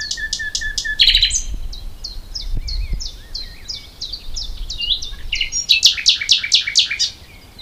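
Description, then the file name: Common nightingale song of repeated high notes, a buzzy burst and a fast series of loud rattling chirps near the end. "Luscinia megarhynchos"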